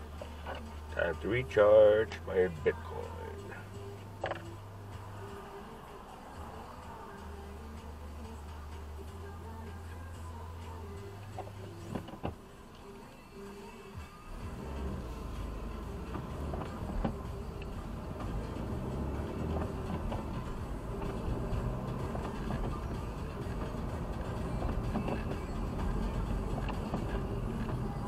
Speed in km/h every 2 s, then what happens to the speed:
0, 0, 0, 0, 0, 0, 0, 12, 18, 34, 39, 43, 48, 50.
0-13 standing. 13-23 pulls away to 48.